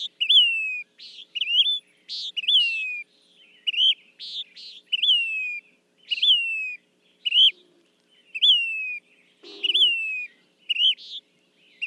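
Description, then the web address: Say's phoebe gives a run of down-slurred whistles and buzzy notes. "birdsongforthecurious Say's Phoebe"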